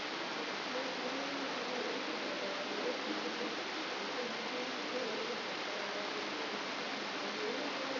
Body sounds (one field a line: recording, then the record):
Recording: brain microelectrode recording played as sound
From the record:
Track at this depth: inside the subthalamic nucleus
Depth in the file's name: 4.502 mm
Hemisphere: left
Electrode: 3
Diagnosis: Parkinson's disease